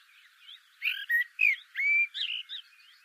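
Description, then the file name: Common blackbird song, a quick run of fluted whistles including a long, level note, mixed with a few higher twittering notes. "Turdus merula"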